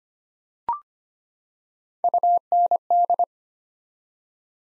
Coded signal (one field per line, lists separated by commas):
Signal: Morse code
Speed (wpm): 25 wpm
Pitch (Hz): 700 Hz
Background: none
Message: UND